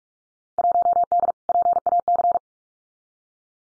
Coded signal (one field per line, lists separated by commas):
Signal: Morse code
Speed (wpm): 44 wpm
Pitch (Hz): 700 Hz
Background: none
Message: 1D PAC